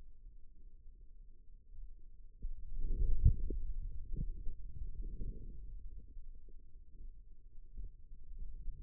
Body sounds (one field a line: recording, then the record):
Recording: forearm muscle sounds (acoustic myography)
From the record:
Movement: hand closing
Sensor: system 2, bracelet of six BSWA MPA416 microphones around the upper forearm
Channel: 4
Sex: male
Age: 22 years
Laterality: right